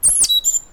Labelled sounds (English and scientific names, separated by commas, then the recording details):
Stitchbird (Notiomystis cincta) song
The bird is a male
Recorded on Tiritiri Matangi Island, New Zealand, in 2005
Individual 1, of nest box 1